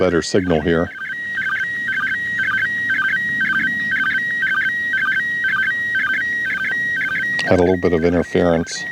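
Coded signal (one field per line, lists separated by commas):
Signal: SSTV (slow-scan television)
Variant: PD 120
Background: speech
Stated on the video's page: Live ISS SSTV pass on the 2 m downlink received with a handheld radio and a tri-band antenna.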